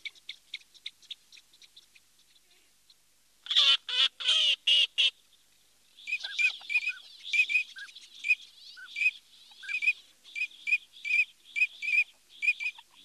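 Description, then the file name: Eurasian teal calls: soft rapid short notes, then a loud run of harsh buzzy notes, followed by a long series of short whistled notes. "Alzavola"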